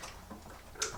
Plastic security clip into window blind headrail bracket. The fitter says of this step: so kind of clips in like that and then just snaps in place that just locks the